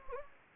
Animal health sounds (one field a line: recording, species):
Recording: mosquito wingbeat signal from an infrared sensor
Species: Anopheles gambiae